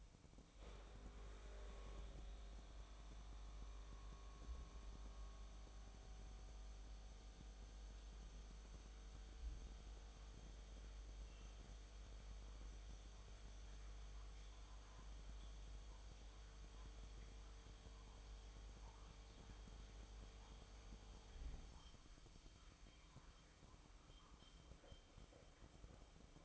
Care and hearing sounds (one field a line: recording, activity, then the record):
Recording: daily activity, microphone in the room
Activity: make coffee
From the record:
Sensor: 1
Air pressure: 1007.3 hPa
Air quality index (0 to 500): 79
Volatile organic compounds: 1 ppm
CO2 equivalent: 685 ppm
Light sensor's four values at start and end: 7/16/6/7 and 8/18/7/8